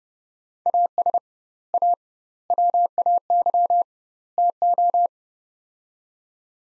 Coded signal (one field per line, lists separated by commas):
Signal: Morse code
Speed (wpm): 30 wpm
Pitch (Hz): 700 Hz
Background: none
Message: AS A WAY TO